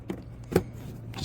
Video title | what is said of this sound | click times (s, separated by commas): How To Change Taillight Bulbs | push it in like that you'll hear a click | 0.1 s, 0.6 s